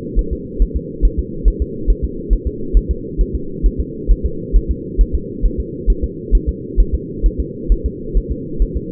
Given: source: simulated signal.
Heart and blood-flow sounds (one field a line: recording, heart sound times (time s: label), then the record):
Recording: fetal heart sounds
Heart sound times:
0.19 s: S1
0.33 s: S2
0.62 s: S1
0.76 s: S2
1.05 s: S1
1.19 s: S2
1.48 s: S1
1.62 s: S2
1.90 s: S1
2.05 s: S2
2.33 s: S1
2.47 s: S2
2.77 s: S1
2.91 s: S2
3.21 s: S1
3.35 s: S2
3.66 s: S1
3.80 s: S2
4.12 s: S1
4.26 s: S2
4.56 s: S1
4.71 s: S2
5.01 s: S1
5.15 s: S2
5.45 s: S1
5.60 s: S2
5.90 s: S1
6.04 s: S2
6.35 s: S1
6.49 s: S2
6.80 s: S1
6.94 s: S2
7.26 s: S1
7.40 s: S2
7.72 s: S1
7.86 s: S2
8.17 s: S1
8.32 s: S2
8.62 s: S1
8.76 s: S2
From the record:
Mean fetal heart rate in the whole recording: 135 bpm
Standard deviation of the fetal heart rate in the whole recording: 3 bpm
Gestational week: 36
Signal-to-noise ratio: -4.3 dB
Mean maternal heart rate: 72 bpm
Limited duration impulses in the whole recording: absent